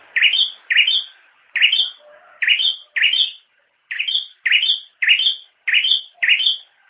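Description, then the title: Bird giving rapid repeated chirps, rising notes ending in high whistles, nearly twice a second in short runs. "kikicau"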